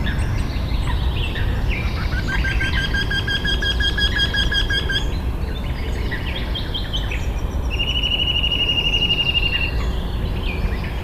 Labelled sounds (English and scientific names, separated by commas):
Eurasian Wryneck (Jynx torquilla)